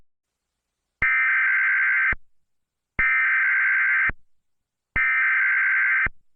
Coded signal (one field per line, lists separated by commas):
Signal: Emergency Alert System (SAME) tones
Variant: header bursts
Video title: EAS Scenario [bloody Maverick] ([mini Scenario])